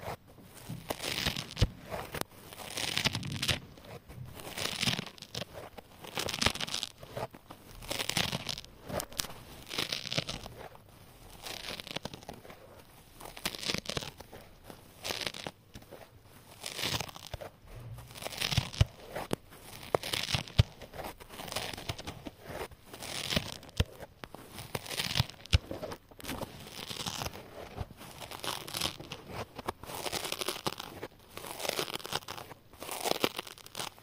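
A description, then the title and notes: Scrub sponges are rubbed and scratched in quick, repeated strokes, each a bright rasping burst with crinkly, crunchy texture. The strokes come steadily, roughly two or three per second, throughout the whole stretch, with short gaps between them and a faint low rumble underneath. SCRUB SPONGES ASMR. ASMR including sounds of rubbing and scratching scrub sponges.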